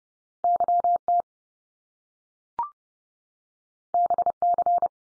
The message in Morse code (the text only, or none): YT BC